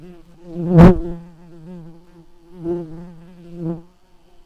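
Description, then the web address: Red-tailed bumblebee buzzing: a low droning hum in three bursts, the first loudest just before one second in, then two softer buzzes near 2.7 and 3.7 seconds. Worker bees. "bumblebees learning set sounds Lapidarius-workers"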